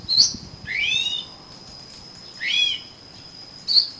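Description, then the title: Oriental magpie-robin giving two rising, sweeping whistles, bracketed by short sharp high notes, with a steady thin tone throughout. "Kacer Kacer"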